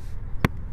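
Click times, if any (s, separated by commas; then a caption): 0.5 s. The visor of a matte black Schuberth C3 motorcycle helmet, held up close to the mic, is pushed fully down into its closed detent and gives one short, sharp click at 0.45 s over a low background hiss. The visor is seated and sealed shut, keeping out seeping air at highway speeds or in cold weather.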